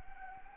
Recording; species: mosquito wingbeat signal from an infrared sensor; Anopheles arabiensis